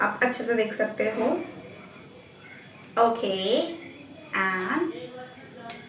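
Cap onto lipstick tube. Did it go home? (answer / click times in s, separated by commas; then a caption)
yes / 5.7 s. A plastic cap is closed onto a matte lipstick tube while someone talks, and it clicks shut at 5.7 s. The click means the cap has locked, so it will not come open by itself.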